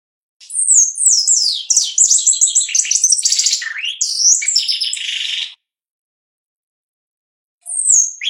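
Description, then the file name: Shiny cowbird song: a five-second rush of rapid high descending whistles and liquid chatters, closing with a buzzy note, then a fresh phrase starting after a pause. "canto do chupim"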